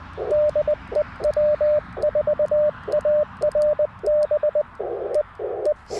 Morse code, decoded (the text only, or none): DE W4ARB E E